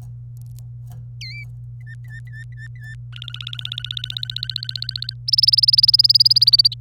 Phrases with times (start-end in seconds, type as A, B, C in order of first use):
1.21-1.44 A, 1.81-2.95 B, 3.13-5.13 C, 5.28-6.74 D